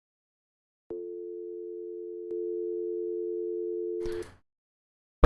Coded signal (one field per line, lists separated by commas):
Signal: telephone call progress tone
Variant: North America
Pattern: dial tone